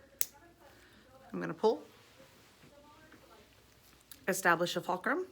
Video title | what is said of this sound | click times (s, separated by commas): How to Place Topical Anesthetic | gonna use a new needle I'm gonna hear it click | 0.2 s